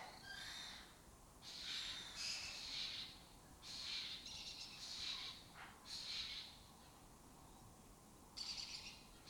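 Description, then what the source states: Lesser kestrels calling in repeated harsh, buzzy bursts, each a second or longer, with short quiet gaps between. Colony occupying an abandoned building in Doñana; migratory raptor that forages in West Africa and breeds in southern Europe.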